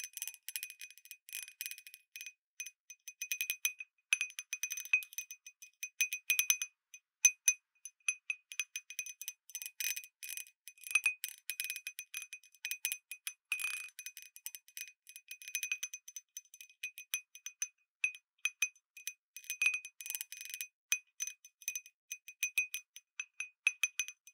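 Glass cups are tapped and rung like a wind bell, producing a dense, irregular stream of bright, clinking strikes throughout. Ringing tones sit high, with short decays, and the pace varies, with busier clusters around five to seven and eleven to fourteen seconds.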